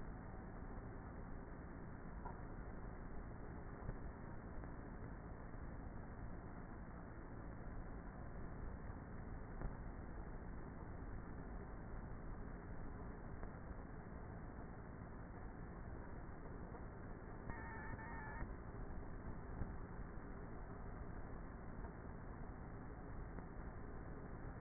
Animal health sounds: honeybee colony, microphone inside the hive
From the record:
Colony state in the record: queenless with a low population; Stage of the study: before two queens were removed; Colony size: about 30,000 bees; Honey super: no

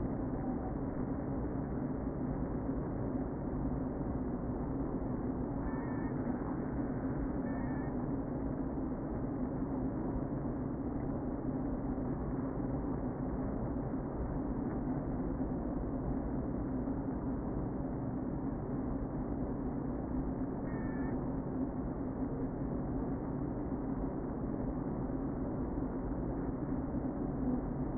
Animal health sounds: honeybee colony, microphone inside the hive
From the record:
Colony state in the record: queen present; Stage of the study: before two queens were removed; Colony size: about 60,000 bees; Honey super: yes

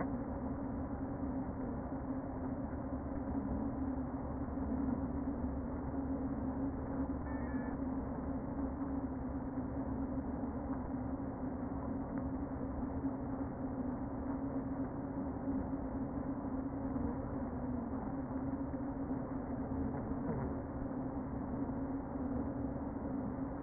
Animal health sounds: honeybee colony, microphone inside the hive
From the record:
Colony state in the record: queen present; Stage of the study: before two queens were removed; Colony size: about 60,000 bees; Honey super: yes

